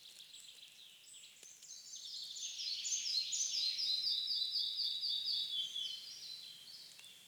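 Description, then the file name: Red-breasted flycatcher song: a quiet series of ringing, evenly repeated high notes that gradually step down in pitch over about five seconds. Recorded on 26 May 2016. "20160526 mindre flugsnappare"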